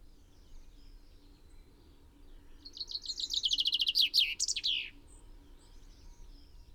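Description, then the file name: Common chaffinch delivering a single song: a slightly falling run of notes closing with a short flourish, after a few quiet seconds. "Fringilla coelebs"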